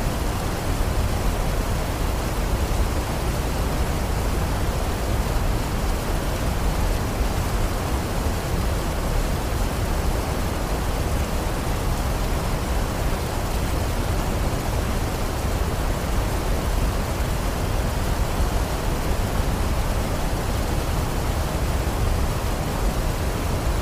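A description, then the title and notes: A waterfall pours in a dense, unbroken rush, with no pauses or separate events across the whole stretch. The roar is deep and full, weighted toward a low rumble with a soft hiss above, and its loudness holds perfectly steady from start to finish. Peaceful Waterfall Sounds.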